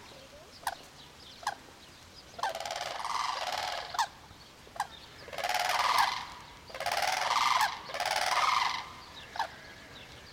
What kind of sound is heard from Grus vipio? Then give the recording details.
call. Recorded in captivity. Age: adult. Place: Zoo Berlin, Berlin, DE. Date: 1992-04-04 10:30. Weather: bedeckt, 5-8°C. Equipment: Nagra SN, Mikrofon AKG CK 8, Kopie Tesla B 116. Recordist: Tembrock, Günter